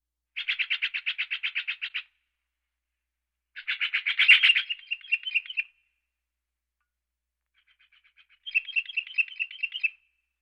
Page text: Stellers Jay. Quick Sounds